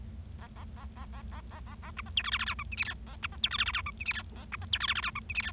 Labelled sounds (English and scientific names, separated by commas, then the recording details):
Bengalese Finch (Lonchura striata domestica) song
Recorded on 25 March 2012 at 14:53
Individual gy6or6